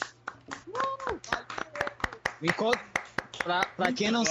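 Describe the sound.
A round of clapping for Garcia Júnior: sharp, irregular handclaps repeat throughout, mixed with voices talking and exclaiming over them at a moderate level.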